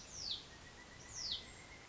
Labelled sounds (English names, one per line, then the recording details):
Pileated Woodpecker
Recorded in Sonoma County, California